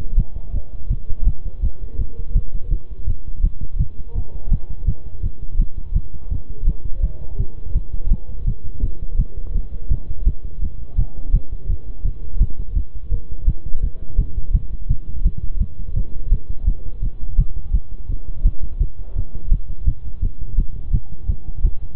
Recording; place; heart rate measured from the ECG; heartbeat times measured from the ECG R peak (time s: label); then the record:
heart sounds by stethoscope; between the tricuspid and mitral areas; 168 bpm
0.18 s: heartbeat
0.54 s: heartbeat
0.90 s: heartbeat
1.27 s: heartbeat
1.62 s: heartbeat
1.99 s: heartbeat
2.36 s: heartbeat
2.71 s: heartbeat
3.07 s: heartbeat
3.44 s: heartbeat
3.80 s: heartbeat
4.15 s: heartbeat
4.52 s: heartbeat
4.88 s: heartbeat
5.23 s: heartbeat
5.60 s: heartbeat
5.95 s: heartbeat
6.32 s: heartbeat
6.68 s: heartbeat
7.03 s: heartbeat
7.40 s: heartbeat
7.76 s: heartbeat
8.11 s: heartbeat
8.47 s: heartbeat
8.83 s: heartbeat
9.19 s: heartbeat
9.55 s: heartbeat
9.91 s: heartbeat
10.27 s: heartbeat
10.62 s: heartbeat
10.98 s: heartbeat
11.34 s: heartbeat
11.69 s: heartbeat
12.05 s: heartbeat
12.41 s: heartbeat
12.76 s: heartbeat
13.12 s: heartbeat
13.48 s: heartbeat
13.83 s: heartbeat
14.19 s: heartbeat
14.54 s: heartbeat
14.90 s: heartbeat
15.26 s: heartbeat
15.61 s: heartbeat
15.97 s: heartbeat
16.32 s: heartbeat
16.67 s: heartbeat
17.03 s: heartbeat
17.39 s: heartbeat
17.74 s: heartbeat
18.09 s: heartbeat
18.45 s: heartbeat
18.81 s: heartbeat
19.16 s: heartbeat
19.52 s: heartbeat
19.87 s: heartbeat
20.23 s: heartbeat
20.58 s: heartbeat
20.94 s: heartbeat
21.29 s: heartbeat
21.65 s: heartbeat
From the record:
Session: bicycle stress test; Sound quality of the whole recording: good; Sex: male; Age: 23 years